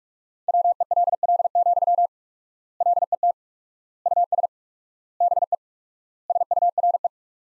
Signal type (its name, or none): Morse code